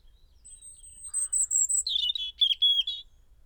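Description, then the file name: European robin producing a long, very high thin whistle that slides into a cascade of tumbling, liquid notes and short trills, delivered rapidly. "Erithacus rubecula"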